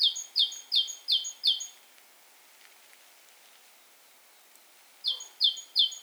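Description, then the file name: Great tit singing rapid, ringing two-part notes in a short run, then about three seconds of quiet before the same bright phrase starts again. "Parus major"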